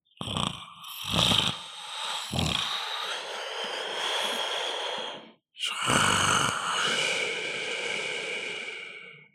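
Adults snoring during sleep, with repeated loud, rasping snores.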